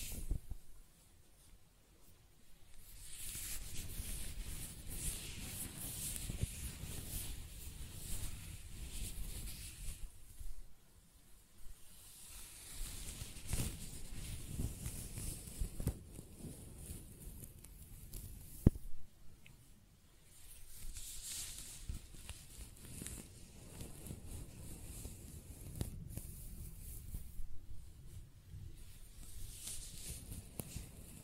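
Close-up hair being scratched and stroked: dense rustling swells in long passes with brief quiet gaps, plus a sharp click near nineteen seconds.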